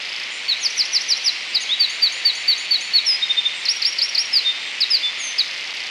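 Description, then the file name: Eurasian wren song: a long, fast, high-pitched torrent of trills and sharp whistled notes running for about five seconds over a steady background hiss. "Troglodytes troglodytes"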